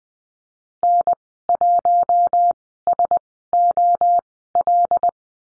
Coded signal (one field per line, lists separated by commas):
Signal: Morse code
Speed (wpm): 20 wpm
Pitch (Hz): 700 Hz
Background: none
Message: N1SOL